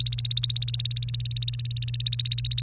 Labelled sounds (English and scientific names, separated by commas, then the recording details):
Domestic Canary (Serinus canaria) song
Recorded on 28 April 2018 at 06:22
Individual llb3